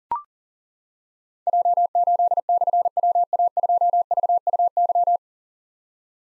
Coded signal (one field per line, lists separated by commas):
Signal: Morse code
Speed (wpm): 41 wpm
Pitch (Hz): 700 Hz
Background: none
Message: J8/WA2VUY